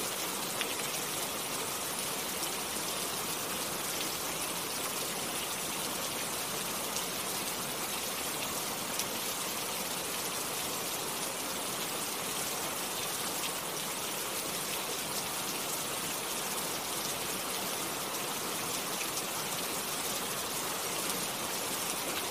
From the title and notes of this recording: SOFT RAIN Sounds for Sleeping. Soft rain sleep sounds.